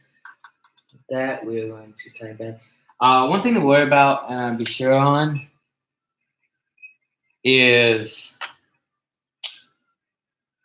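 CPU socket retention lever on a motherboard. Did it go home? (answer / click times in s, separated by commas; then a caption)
yes / 9.4 s. Someone talks while the metal retention lever of a CPU socket on a motherboard is pressed down over the processor. At 9.4 s it gives one loud, crunchy snap as it locks in place, a sound that is alarming but does not damage the CPU.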